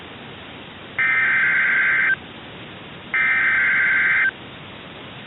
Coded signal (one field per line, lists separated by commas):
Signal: Emergency Alert System (SAME) tones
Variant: header bursts